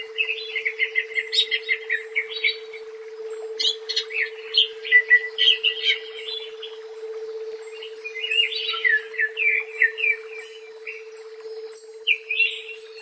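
Leafbird song, a long run of varied chirps, warbles and whistled phrases with brief pauses, over a steady low hum.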